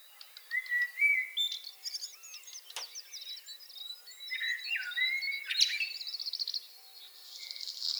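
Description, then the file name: Common blackbird song: low fluty warbles followed by high scratchy twittering, repeated twice, with a brief click and a background chorus of small birds. "Turdus merula"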